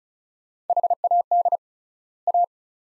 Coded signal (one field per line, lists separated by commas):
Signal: Morse code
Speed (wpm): 34 wpm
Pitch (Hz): 700 Hz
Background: none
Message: HAD A